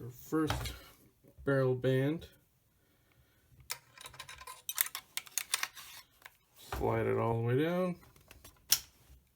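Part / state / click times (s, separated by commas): barrel band onto rifle stock and barrel / seated / 8.7 s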